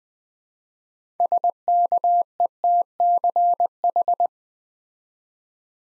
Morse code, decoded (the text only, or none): SKETCH